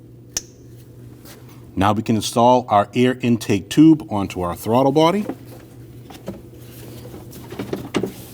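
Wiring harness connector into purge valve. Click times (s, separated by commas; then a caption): 0.4 s. A wiring harness connector is pushed into the purge valve on the intake manifold of a 2012-2021 Nissan NV2500 5.6L V8, and it seats with a sharp click at 0.4 s. Someone then talks, and a few faint handling taps follow near the end.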